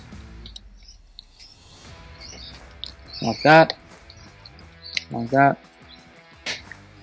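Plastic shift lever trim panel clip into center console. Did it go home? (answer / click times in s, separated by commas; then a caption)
yes / 6.7 s. A plastic shift lever trim panel on a Mitsubishi Pajero NS, NT, NW or NX is pressed down so its small clips snap back into the center console. Someone talks, with light handling noises throughout. A short click at 6.7 s marks the clip seating in.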